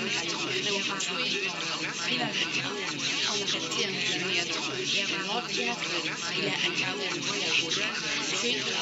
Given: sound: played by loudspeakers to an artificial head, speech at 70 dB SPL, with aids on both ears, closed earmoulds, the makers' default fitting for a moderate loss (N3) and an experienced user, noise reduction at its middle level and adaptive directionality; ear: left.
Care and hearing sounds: speech test signal (ISTS) in cocktail-party noise; -6 dB; in front (0 degrees)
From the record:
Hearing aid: class 1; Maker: A

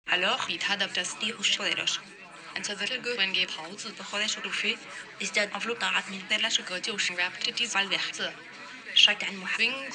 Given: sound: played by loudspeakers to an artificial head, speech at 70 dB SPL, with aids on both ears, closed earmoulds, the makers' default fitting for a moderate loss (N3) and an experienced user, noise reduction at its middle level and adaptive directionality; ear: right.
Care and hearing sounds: speech test signal (ISTS) in cocktail-party noise; +6 dB; on the right (90 degrees)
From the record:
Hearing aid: class 2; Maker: G

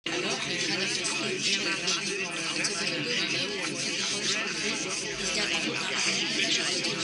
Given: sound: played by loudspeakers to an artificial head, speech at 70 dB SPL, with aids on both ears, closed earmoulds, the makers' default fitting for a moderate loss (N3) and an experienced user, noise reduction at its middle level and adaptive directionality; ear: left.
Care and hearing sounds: speech test signal (ISTS) in cocktail-party noise; -6 dB; on the right (90 degrees)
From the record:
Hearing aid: class 1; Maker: B

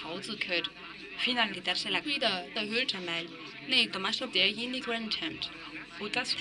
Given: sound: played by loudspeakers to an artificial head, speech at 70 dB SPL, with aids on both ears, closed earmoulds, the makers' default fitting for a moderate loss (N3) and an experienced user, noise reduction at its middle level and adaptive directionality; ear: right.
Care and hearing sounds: speech test signal (ISTS) in cocktail-party noise; +6 dB; on the right (90 degrees)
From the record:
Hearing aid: class 2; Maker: D

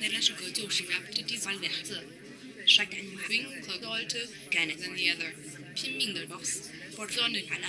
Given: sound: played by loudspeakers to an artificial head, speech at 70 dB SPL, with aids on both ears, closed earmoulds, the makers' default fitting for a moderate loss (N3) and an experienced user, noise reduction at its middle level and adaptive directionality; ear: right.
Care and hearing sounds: speech test signal (ISTS) in cocktail-party noise; 0 dB; in front (0 degrees)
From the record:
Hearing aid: class 2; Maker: J

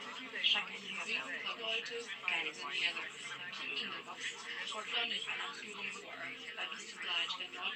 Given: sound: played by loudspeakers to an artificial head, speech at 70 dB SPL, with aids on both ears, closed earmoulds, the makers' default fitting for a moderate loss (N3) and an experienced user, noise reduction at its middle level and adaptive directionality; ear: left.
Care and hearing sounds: speech test signal (ISTS) in cocktail-party noise; -3 dB; on the right (90 degrees)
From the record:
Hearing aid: class 1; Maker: I

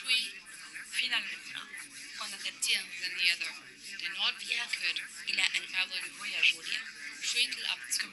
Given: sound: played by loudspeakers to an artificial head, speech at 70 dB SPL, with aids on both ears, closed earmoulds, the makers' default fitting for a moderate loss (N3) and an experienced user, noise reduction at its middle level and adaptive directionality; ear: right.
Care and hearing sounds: speech test signal (ISTS) in cocktail-party noise; -3 dB; in front (0 degrees)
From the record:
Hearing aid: class 2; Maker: H

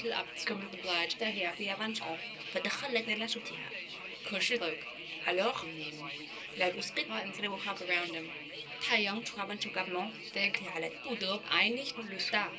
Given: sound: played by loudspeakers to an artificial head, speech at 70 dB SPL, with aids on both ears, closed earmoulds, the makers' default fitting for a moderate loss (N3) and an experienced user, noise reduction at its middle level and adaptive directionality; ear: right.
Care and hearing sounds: speech test signal (ISTS) in cocktail-party noise; +9 dB; in front (0 degrees)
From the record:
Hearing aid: class 2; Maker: C

